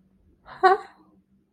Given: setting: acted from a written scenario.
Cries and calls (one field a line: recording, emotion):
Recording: vocal sound without words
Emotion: confusion